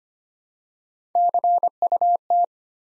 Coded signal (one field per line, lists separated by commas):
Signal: Morse code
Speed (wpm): 25 wpm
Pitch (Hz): 700 Hz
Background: none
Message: CUT